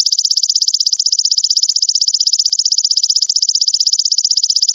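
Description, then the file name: A katydid gives a constant shrill pulsing trill, rapid regular pulses without a break. "suara belalang daun"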